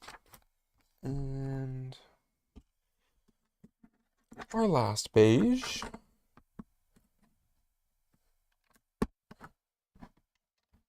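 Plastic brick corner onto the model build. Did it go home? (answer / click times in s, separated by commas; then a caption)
no / none. A plastic building-brick corner piece is pressed onto a LEGO One Piece Arlong Park set on the last instruction page, while someone talks. Light plastic taps and clicks are heard around 0.3, 6.4, 6.6, 9.0 and 9.3 s, but the corner does not snap down and nothing has clicked into place yet.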